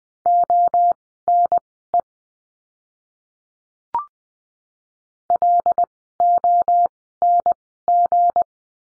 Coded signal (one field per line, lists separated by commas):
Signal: Morse code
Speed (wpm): 20 wpm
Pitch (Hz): 700 Hz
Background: none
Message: ONE LONG